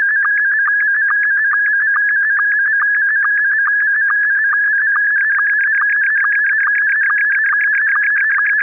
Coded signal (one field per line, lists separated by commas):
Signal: SSTV (slow-scan television)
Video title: RX SSTV Mima perfect blue (loud noise warning)